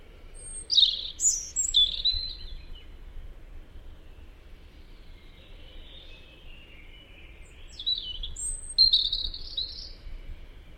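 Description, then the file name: European robin singing two separate bursts of thin, silvery, tumbling warbles several seconds apart, with soft steady background hiss between phrases. "Tomas Belka - Zaryanka Erithacus rubecula"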